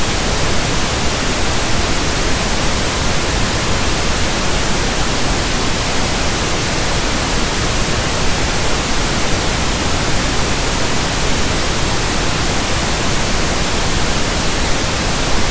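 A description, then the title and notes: Pink noise plays as a steady, dense hiss with no breaks or events across the whole stretch. The sound is full and even from low rumble up through a soft, rushing top, never changing in level or character. Pink Noise Sound Machine.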